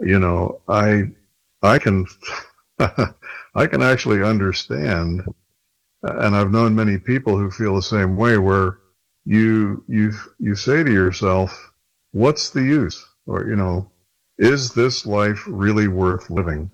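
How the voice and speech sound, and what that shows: A single adult man speaks in a low, calm, steady voice with natural pauses between phrases. A few fillers and one brief repeated word-start occur, within ordinary conversational speech. Fluent speech with clear articulation and a normal voice.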